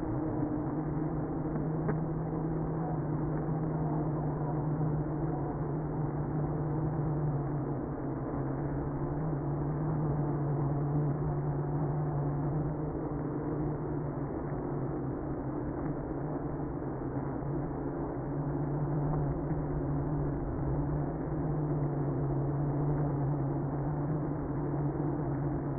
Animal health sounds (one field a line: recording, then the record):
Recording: honeybee colony, microphone inside the hive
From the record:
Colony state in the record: queenless (queen removed)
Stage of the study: after two queens were removed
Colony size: about 60,000 bees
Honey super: yes